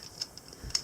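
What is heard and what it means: A plastic ratchet joint on a transforming action figure is flipped down to its second ratchet click, fully down. Faint ticks sound at about 0.2 and 0.4 seconds, then a low rumble of handling leads into a sharp, bright click at 0.8 seconds as the joint seats, completing the two clicks.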